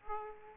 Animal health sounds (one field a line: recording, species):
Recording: mosquito wingbeat signal from an infrared sensor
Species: Aedes aegypti